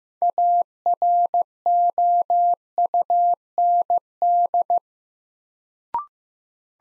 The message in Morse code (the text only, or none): AROUND